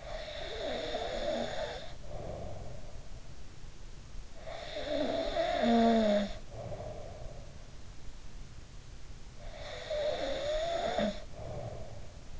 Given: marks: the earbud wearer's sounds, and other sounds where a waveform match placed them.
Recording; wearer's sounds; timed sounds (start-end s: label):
sounds in sleep by an in-ear microphone; snoring breath
0.00-3.07 s: snoring breath
4.33-7.75 s: snoring breath
9.34-12.40 s: snoring breath